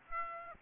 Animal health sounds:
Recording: mosquito wingbeat signal from an infrared sensor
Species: Aedes aegypti

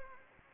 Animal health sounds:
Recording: mosquito wingbeat signal from an infrared sensor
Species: Anopheles arabiensis

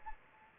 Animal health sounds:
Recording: mosquito wingbeat signal from an infrared sensor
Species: Anopheles gambiae

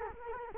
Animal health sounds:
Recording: mosquito wingbeat signal from an infrared sensor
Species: Culex quinquefasciatus

